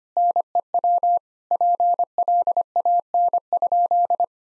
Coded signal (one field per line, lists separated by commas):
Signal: Morse code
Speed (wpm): 25 wpm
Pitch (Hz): 700 Hz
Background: none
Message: NEW PLAN?